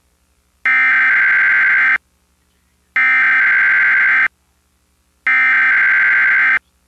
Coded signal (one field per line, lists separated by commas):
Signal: Emergency Alert System (SAME) tones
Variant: header bursts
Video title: KBTC Monthly Test of the Emergency Alert System